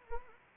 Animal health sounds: mosquito wingbeat signal from an infrared sensor; Anopheles arabiensis

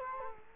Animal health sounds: mosquito wingbeat signal from an infrared sensor; Culex quinquefasciatus

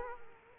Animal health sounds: mosquito wingbeat signal from an infrared sensor; Culex quinquefasciatus

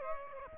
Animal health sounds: mosquito wingbeat signal from an infrared sensor; Aedes aegypti

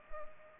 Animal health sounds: mosquito wingbeat signal from an infrared sensor; Culex pipiens

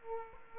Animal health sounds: mosquito wingbeat signal from an infrared sensor; Aedes aegypti

